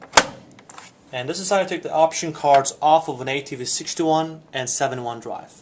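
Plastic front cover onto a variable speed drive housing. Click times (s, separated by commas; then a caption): 0.2 s. A plastic front cover is refitted onto a variable speed drive housing after an option card is removed, with its legs put in first and then pressed down. It clicks into place with a sharp snap at 0.2 seconds, followed by a few faint clicks. Then someone talks.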